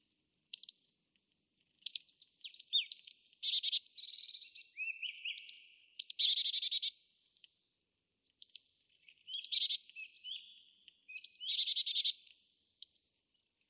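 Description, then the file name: Marsh tit calling repeatedly: sharp high notes mixed with buzzy chatter runs in several bursts, with brief silences between. "Poecile palustris"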